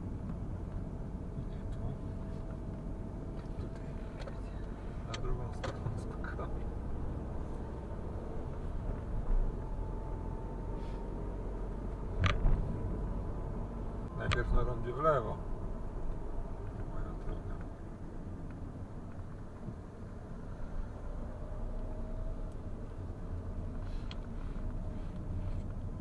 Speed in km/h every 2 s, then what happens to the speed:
25, 26, 25, 30, 35, 36, 39, 38, 35, 23, 23, 25, 25.
4-13 speeds up to 39. 13-18 slows to 23. 18-26 steady at about 23.